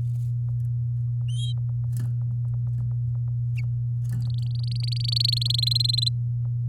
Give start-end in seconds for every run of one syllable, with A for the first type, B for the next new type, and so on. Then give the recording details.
4.22-5.30 A, 5.32-6.09 B. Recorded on 7 May 2018 at 06:41. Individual llb16